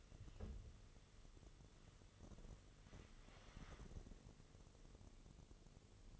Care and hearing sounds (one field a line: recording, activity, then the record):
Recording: daily activity, microphone in the room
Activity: wipe stove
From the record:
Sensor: 4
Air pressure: 1015.9 hPa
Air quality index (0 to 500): 120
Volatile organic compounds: 3 ppm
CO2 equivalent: 1354 ppm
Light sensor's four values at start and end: 9/19/7/7 and 9/19/7/7